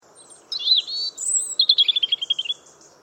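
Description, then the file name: European robin song: a wavering high whistle, then a rapid descending series of bright tinkling notes, with a soft steady hum underneath. "Erithacus rubecula"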